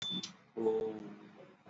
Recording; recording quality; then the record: sustained vowel as in boot; moderate, slight background noise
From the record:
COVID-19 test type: RT-PCR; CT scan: not taken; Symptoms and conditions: cough, cold, fever, muscle pain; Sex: male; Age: 32 years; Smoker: yes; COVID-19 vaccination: both doses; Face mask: worn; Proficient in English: yes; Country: India